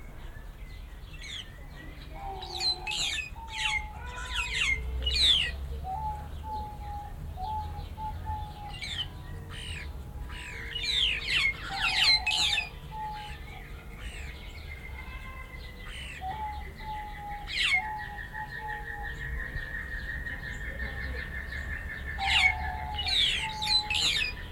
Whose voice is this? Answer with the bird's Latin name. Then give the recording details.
Dinemellia dinemelli. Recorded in captivity. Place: Zoo Berlin, Berlin, DE. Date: 1992-08-01 10:50. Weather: sonnig, 22-26°C. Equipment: Marantz CP 430, Sennheiser ME 80, Kopie Tesla B 116. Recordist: Tembrock, Günter